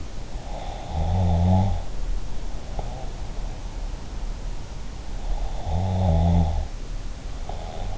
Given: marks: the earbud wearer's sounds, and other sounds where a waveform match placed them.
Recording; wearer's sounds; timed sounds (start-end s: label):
sounds in sleep by an in-ear microphone; snoring breath
0.66-3.07 s: snoring breath
5.59-7.98 s: snoring breath